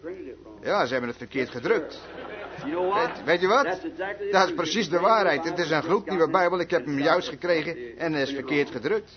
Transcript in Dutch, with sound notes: Jazeker. Ze hebben het verkeerd gedrukt. Jazeker. [De samenkomst lacht.] Weet u wat? Dat is precies de waarheid. Hier is een gloednieuwe Bijbel; ik heb hem juist gekregen en het is verkeerd gedrukt.